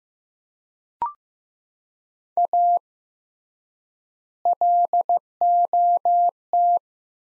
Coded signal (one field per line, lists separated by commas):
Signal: Morse code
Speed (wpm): 15 wpm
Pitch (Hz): 700 Hz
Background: none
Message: A LOT